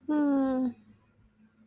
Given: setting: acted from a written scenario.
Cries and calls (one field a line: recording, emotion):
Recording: vocal sound without words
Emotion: sympathy